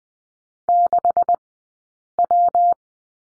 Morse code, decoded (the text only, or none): 6W